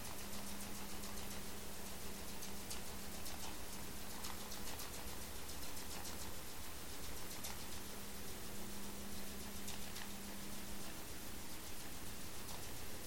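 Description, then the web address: Sperm whale clicks, runs of ticking in two bursts, over a low hum. Recorded by ONC hydrophone NAXYS HYD 052 in the Strait of Georgia, 27 March 2018, around 19:17 UTC. "data raw sperm Whale Clicks sog-onc 20180327"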